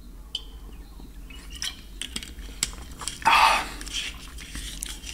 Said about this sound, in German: Moment, jetzt müssen wir Schluck Wasser trinken.